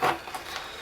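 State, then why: Not seated. A plastic quick-release buckle on a camera mount is slid into the base mount on a surfboard, making soft rubbing and sliding sounds with a brief louder scrape at the start. The clip ends before the buckle goes home, so nothing has seated or clicked yet.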